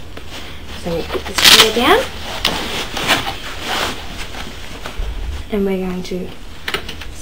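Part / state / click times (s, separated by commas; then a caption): pommel V bracket into seat slot / seated / 6.7 s. Someone talks while the V bracket of a Stingray buggy's pommel is slid into its slot on the seat, with soft sliding and handling sounds. A loud sharp click at 6.7 s marks the bracket seating in place.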